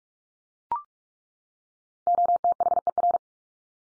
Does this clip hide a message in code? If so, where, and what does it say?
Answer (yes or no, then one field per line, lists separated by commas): yes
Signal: Morse code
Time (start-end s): 2.1-3.2 s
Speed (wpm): 44 wpm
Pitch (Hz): 700 Hz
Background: none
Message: OTHER